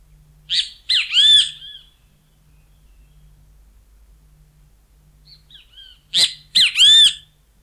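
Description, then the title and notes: Great kiskadee calls twice, loud rasping three-syllable phrases; a few soft chirps and clicks come just before the second call. Bahía Blanca, Argentina; lives in busy plazas and parks, tame and unafraid of people; its song is rendered "bicho fuii", giving local names benteveo, bicho feo, pitogüé, bienteví. "Museo de Ciencias de Bahía Blanca. Benteveo (Pitangus sulphuratus). Habita en las plazas y parques más concurridos. Su canto particular "bicho fuii", le otorga otros nombres comunes como "bicho feo", "pitogüé", "bienteví""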